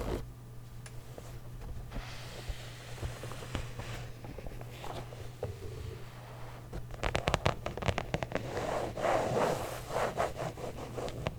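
Handling sounds from a game console case: soft scrapes and rustles over a steady low hum for the first several seconds. From about seven seconds on, a dense run of sharp clicks and scratches grows louder and busier, with a few rattling bursts near the end.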